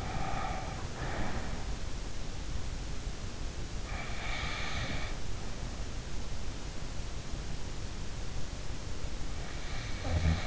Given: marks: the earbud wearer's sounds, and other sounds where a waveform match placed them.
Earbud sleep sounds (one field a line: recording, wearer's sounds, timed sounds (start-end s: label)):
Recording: sounds in sleep by an in-ear microphone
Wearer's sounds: breath, snoring breath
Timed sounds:
0.00-1.49 s: breath
4.14-5.07 s: snoring breath
9.89-10.47 s: snoring breath